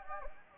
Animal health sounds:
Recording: mosquito wingbeat signal from an infrared sensor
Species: Anopheles gambiae

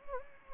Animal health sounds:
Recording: mosquito wingbeat signal from an infrared sensor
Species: Anopheles gambiae

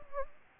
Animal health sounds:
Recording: mosquito wingbeat signal from an infrared sensor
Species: Anopheles gambiae

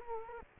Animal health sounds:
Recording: mosquito wingbeat signal from an infrared sensor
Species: Culex quinquefasciatus

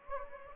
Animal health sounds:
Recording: mosquito wingbeat signal from an infrared sensor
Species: Anopheles gambiae

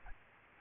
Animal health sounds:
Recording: mosquito wingbeat signal from an infrared sensor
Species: Aedes aegypti

